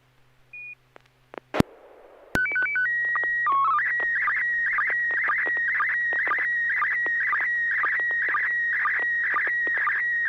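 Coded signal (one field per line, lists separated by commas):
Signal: SSTV (slow-scan television)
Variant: PD120 mode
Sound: clicks and a hiss burst, steady 1.9 kHz header tones, then warbling scan tones with regular ticks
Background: FM repeater squelch, low hum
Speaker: okay this will be a pd120 n6wlm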